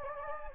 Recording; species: mosquito wingbeat signal from an infrared sensor; Anopheles gambiae